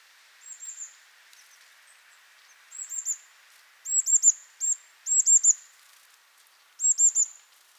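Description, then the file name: Eurasian blue tit calls: high, thin notes given in short bursts of one to four, repeated at irregular intervals, with faint background hiss. "Cyanistes caeruleus"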